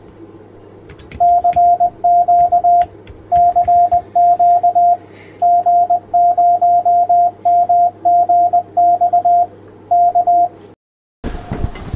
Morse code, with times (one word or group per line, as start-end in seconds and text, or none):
1.2-2.8 CQ
3.3-4.9 CQ
5.4-9.4 G0MGX
9.9-10.5 K